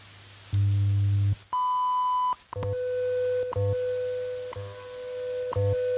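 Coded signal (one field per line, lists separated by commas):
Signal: radio time signal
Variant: WWV/WWVH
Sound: low buzz, then a long high beep, then a steady tone with clicks each second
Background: radio static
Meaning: The long 1 kHz tone marks the start of a new minute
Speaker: And I can hear WWVH as well. At the tone, 1 hour, 20 minutes, coordinated universal time.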